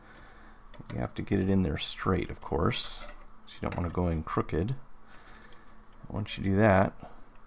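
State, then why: Not seated. A small two-wire cable connector, blue and gray, is lined up to go straight into its socket on the circuit board of a Focusrite Scarlett 8i6 3rd Gen audio interface during reassembly after a USB-C port replacement. Someone talks throughout, with faint handling noise. The clip ends before the connector goes in, so nothing has seated or clicked yet.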